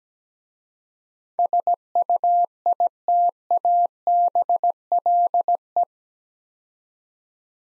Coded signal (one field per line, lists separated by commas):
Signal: Morse code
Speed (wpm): 17 wpm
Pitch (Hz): 700 Hz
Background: none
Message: SUITABLE